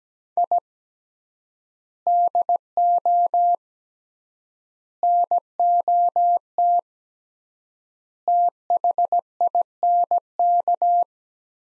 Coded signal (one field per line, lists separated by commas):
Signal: Morse code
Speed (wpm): 17 wpm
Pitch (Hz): 700 Hz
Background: none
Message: I DO NOT THINK